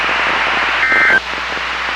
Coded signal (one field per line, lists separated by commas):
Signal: Emergency Alert System (SAME) tones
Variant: end-of-message bursts